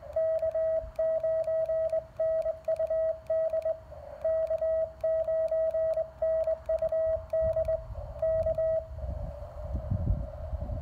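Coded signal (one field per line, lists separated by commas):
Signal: Morse code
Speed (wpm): 21 wpm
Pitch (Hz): 640 Hz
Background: radio noise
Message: K9NUD K9NUD K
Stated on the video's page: Park activation worked with a cootie key: Elecraft KX1 and KXPD1 paddles in cootie mode, a home-brew end-fed half-wave antenna, and a DSP filter.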